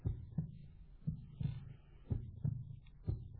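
Regular paired lub-dub heart thumps of an adult heart, about 60 beats a minute, with a soft low hum behind.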